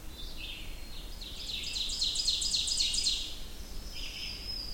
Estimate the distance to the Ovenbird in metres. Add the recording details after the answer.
about 35 m. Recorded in boreal forest in Alberta, Canada, on 25 June 2016 at 06:37. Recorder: SongMeter 3, array SBT-6-76. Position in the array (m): 35 m, 104 m. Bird 2